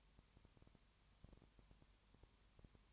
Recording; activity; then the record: daily activity, microphone in the room; no activity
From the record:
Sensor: 3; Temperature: 21.1 degrees Celsius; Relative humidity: 37.0%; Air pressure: 1010.6 hPa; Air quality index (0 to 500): 204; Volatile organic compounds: 31 ppm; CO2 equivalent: 2974 ppm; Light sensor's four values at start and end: 2/3/2/2 and 2/3/2/2